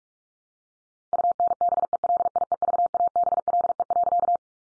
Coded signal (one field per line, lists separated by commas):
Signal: Morse code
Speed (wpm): 46 wpm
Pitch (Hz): 700 Hz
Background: none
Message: UNBELIEVABLE.